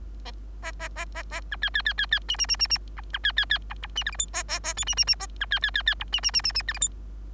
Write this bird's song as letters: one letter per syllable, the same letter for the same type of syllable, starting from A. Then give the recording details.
A A A A A B C C C C C D D D D D B B C C C B E D F G H A A A I D D D A B C C C C E D D D D D F G H. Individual Bird3